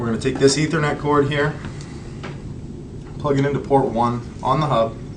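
Someone talks while handling an ethernet cable plug, about to push it into port one on the back of a plastic Rogers Rocket Hub internet hub, with a brief soft handling sound near 1.8 s. Nothing has seated or clicked yet.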